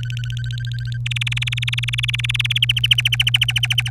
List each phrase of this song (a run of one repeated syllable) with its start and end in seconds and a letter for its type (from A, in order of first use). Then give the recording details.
0.00-0.97 A, 1.06-2.58 B, 2.62-3.90 C. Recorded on 26 April 2018 at 16:22. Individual llb3